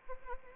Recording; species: mosquito wingbeat signal from an infrared sensor; Anopheles arabiensis